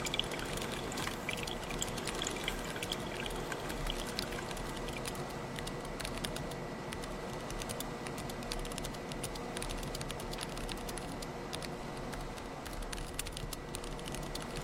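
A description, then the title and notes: Typing at a keyboard with quick, irregular clicks, scattered through the whole stretch and growing denser after about six seconds. Underneath sits a constant dull rustle and a thin steady hum, with no pauses in the texture. Late-night coffee bar in 2024, typing, handwriting, flipping through.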